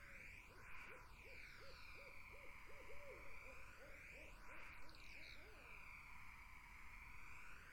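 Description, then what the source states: Barred owls give a long, rapid series of rhythmic hoots that overlap and trail off after about five seconds, set against constant swirling noise. Several barred owls in a summer wetland; 8D spatial audio processing.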